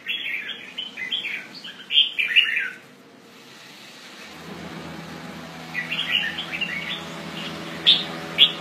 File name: Pycnonotus jocosus